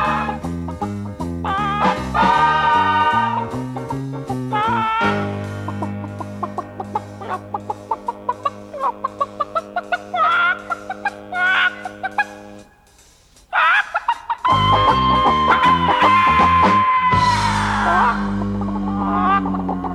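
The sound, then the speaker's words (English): Loud chicken clucking in choppy, repeated bursts over a bright, tonal backing, with a short dip into near silence before the clucks and tones return. “We'll be back at the same time the day after tomorrow with Science the Day After Tomorrow, when we'll be talking to a man who, after an unsuccessful sex operation, turned into a chicken.”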